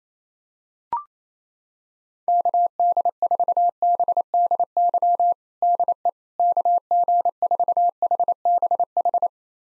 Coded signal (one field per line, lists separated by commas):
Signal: Morse code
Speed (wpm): 28 wpm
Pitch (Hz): 700 Hz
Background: none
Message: KD4BDY DE KG4HBH